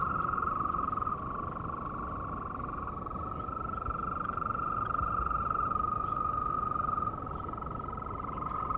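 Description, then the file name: European green toad trilling continuously, a sustained even purring tone with no breaks, over constant low background noise. Long calls of European green toad recorded on 2 April 2017. "Ropucha zielona długie 02 04 2017"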